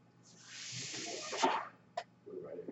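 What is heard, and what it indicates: A steady, airy rushing hiss builds and holds for about a second and a half, then cuts off with a brief puff and a sharp click. It is the air-delivery cycle of a man's own home mechanical ventilator running in the background.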